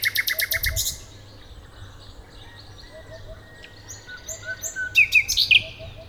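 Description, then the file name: Common nightingale song opens with a quick series of loud pulsed notes, falls quiet, then returns with sharp rapid notes. "Luscinia megarhynchos"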